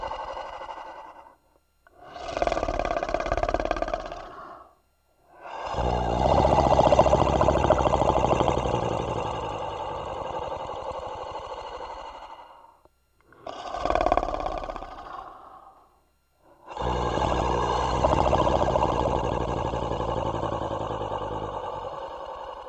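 An adult sleeper snoring loudly: a series of long, droning snoring breaths separated by short silent pauses.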